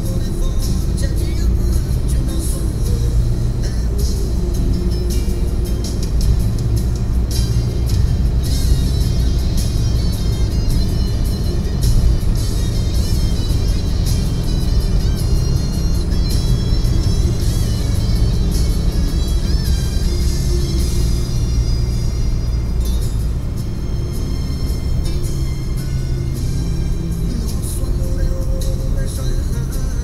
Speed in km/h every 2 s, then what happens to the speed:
125, 127, 130, 133, 138, 139, 141, 142, 141, 138, 131, 124, 112, 110, 110.
0-14 speeds up to 142. 14-24 slows to 112. 24-30 steady at about 110.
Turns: none.